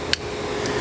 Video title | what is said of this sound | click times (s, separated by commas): Range DFM Module Installation | And that's just this connection clicking to make sure it's secure. | 0.1 s